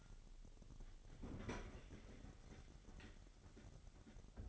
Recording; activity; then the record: daily activity, microphone in the room; open fridge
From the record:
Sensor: 4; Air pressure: 989.2 hPa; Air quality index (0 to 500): 224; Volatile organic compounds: 83 ppm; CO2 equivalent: 3631 ppm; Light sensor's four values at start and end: 26/91/33/36 and 26/90/33/35